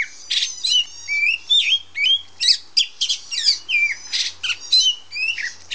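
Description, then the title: Oriental magpie-robin uttering quick repeated phrases of rising and falling whistles interspersed with coarse buzzy squawks. Female; Indonesian name kacer hitam, black magpie-robin. "Kacer Betina suara burung kacer hitam betina"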